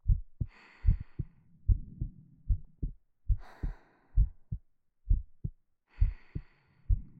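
Soft, low paired thumps of an adult heart in a steady lub-dub rhythm, about 75 beats a minute, typical of an ordinary resting heartbeat, heard close up as a calming bedtime sound for sleep. Slow, airy breaths rise and fall in the background every few seconds.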